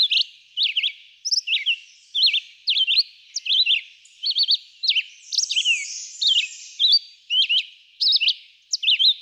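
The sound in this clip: Red-eyed vireo singing a steady run of brief slurred whistled phrases with short gaps between.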